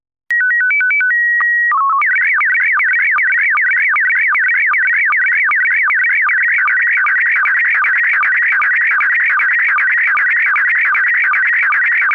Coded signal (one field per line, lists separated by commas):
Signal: SSTV (slow-scan television)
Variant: PD 50